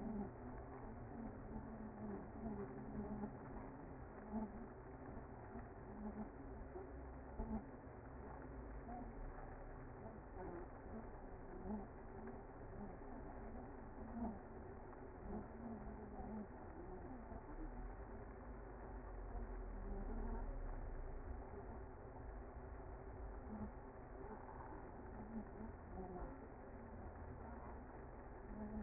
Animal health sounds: honeybee colony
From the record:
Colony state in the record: active

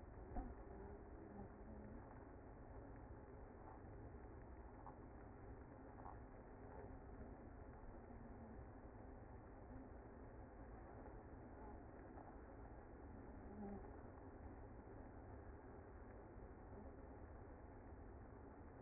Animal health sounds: honeybee colony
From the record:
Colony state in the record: active

